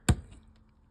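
A pointed tool presses the metal retaining tab down over a new CR1220 coin cell slid into the 5081 module of a G-Shock GA-100 watch. The tab is stubborn and is pushed until it latches securely in place. A single sharp click at 0.1 s is followed by only a faint tick near 0.6 s.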